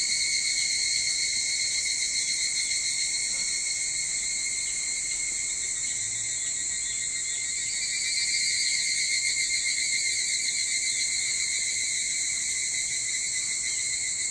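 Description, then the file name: Evening cicada chorus: a dense, steady, high shimmering buzz with faint pulsing, rising slightly in loudness around the eighth second, with no other clear sounds. Recorded 22 July 2023 at 04:40. "higurashi 230722 0440"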